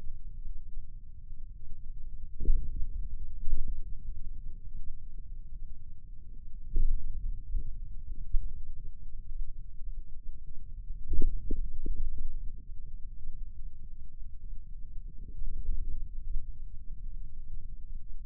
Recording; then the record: forearm muscle sounds (acoustic myography)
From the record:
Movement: hand opening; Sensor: system 2, bracelet of six BSWA MPA416 microphones around the upper forearm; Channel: 2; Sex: male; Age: 22 years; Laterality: right